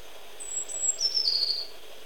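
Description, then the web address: Tit call: a thin, very high whistled note running straight into a quick, buzzy trill. Portugal. "Aves de Portugal Sons Chapim"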